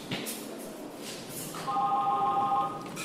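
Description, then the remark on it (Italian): A phone ringing for an incoming call for help at a volunteer aid organization's switchboard: a steady electronic ring tone of a few stacked pitches starts partway through, over a low murmur of background noise. “Il servizio ha inizio la mattina presto, quando le telefonate di aiuto vengono smistate nelle varie associazioni che si sono date disponibili.”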